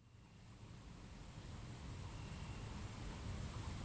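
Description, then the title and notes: Cricket chorus, a continuous high trilling shimmer that swells gradually, with a low background rumble of traffic. Crickets at night in Aveize, France, with cars in the distance; recorded with a DPA 2006c pair in AB position onto a MixPre-3. "69610 Aveize, France - Grillons - Crickets. Grillons la nuit, quelques voitures dans le lointain"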